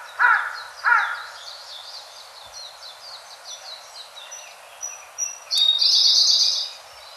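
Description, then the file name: Siberian blue robin song: after two loud lower chirps and soft, thin high twittering, spaced high notes give way to a strong, fast trill. "koruri"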